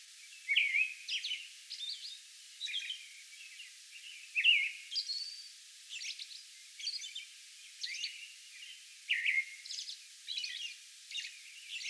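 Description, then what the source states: American robin song, a string of whistled phrases and high thin squeaky notes, fairly even in pace. Song bout recorded on May 11.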